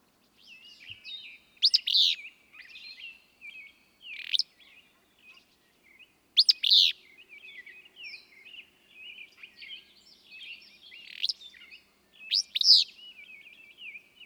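Willow flycatcher repeats a sharp, sneezy song phrase several times at uneven intervals, with continuous twittering in the background.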